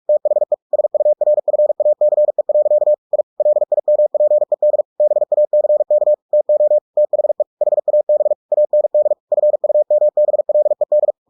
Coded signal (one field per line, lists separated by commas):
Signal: Morse code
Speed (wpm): 46 wpm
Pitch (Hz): 600 Hz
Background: none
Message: THE SURFACE. I LIMPED BACK TO THE HAB AND FUMBLED